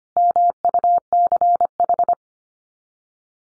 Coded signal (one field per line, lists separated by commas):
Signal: Morse code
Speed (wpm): 25 wpm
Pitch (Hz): 700 Hz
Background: none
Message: MUCH